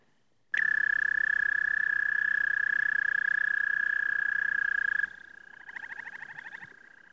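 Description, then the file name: American toad trill: a loud sustained pulsed trill starting abruptly and stopping after about four and a half seconds, then a softer second trill at a slightly different pitch. "zhaba amerikanskaya kvakaet"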